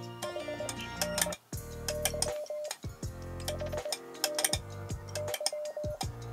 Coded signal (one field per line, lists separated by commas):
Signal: Morse code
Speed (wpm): 20 wpm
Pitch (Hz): 600 Hz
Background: music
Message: HNY HNY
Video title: 2022年無線はじめ 関東1エリア 430MHz 電波状況 入感しすぎ QSOパーティ HNY CW準備 2022/01/01 アマチュア無線 VLOG 10